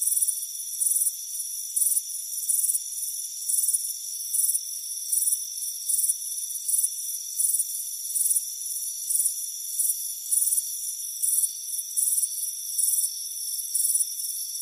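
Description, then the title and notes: Crickets chirp in brief, sharp high pulses, quickly repeated, against an unbroken shrill trill in the background. Crickets chirping on a warm afternoon at a front porch. "Soothing Crickets Chirping Sound. It's a warm afternoon as you relax in a hammock on the front porch. Relax and fall asleep to the soothing sound of chirping crickets"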